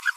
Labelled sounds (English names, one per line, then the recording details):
Green-rumped Parrotlet babbling
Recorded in a nest box in Venezuela
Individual 18B25A3